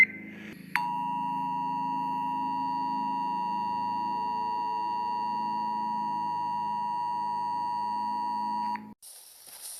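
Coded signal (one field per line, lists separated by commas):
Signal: Emergency Alert System (SAME) tones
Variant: 853 and 960 Hz attention tone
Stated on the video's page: Fictional EAS scenario, simulated alert.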